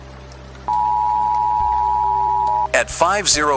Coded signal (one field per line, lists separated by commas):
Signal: Emergency Alert System (SAME) tones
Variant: 853 and 960 Hz attention tone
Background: speech